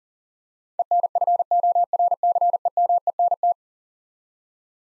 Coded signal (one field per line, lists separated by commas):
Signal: Morse code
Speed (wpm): 37 wpm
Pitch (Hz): 700 Hz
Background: none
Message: ENFORCEMENT